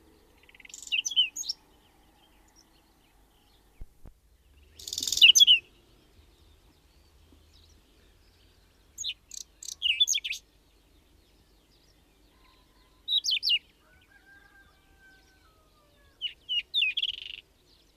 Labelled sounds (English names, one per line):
Whinchat song